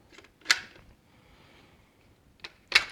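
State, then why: Seated. Two car seat adapters are pushed onto the frame of a Maxi-Cosi Adorra Luxe pushchair, each one seating with a sharp plastic-on-metal click at 0.5 s and 2.8 s. Softer rattles come just before each click, around 0.2 s and 2.4 s, with a quiet steady background between them. Both adapters end up clicked into place on the pushchair frame.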